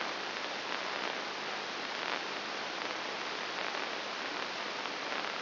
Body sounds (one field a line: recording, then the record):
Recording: brain microelectrode recording played as sound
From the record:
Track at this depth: inside the subthalamic nucleus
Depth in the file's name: 1.701 mm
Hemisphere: right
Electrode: 3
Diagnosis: Parkinson's disease